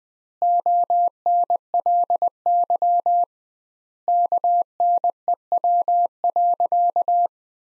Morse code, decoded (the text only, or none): ONLY KNEW.